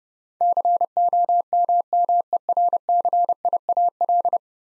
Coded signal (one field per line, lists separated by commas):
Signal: Morse code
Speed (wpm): 30 wpm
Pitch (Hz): 700 Hz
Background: none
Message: COMMERCIAL